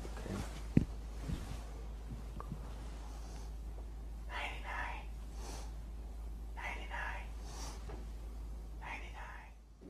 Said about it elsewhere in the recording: Whispered pectoriloquy is an exaggerated form of bronchophony. When there is consolidation of lung tissue, even a whispered sound may be louder and easily heard while listening with the stethoscope. when you feel my stethoscope on your back, I'd like you to whisper 99.